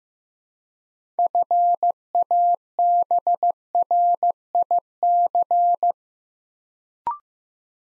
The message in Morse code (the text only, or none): FABRIC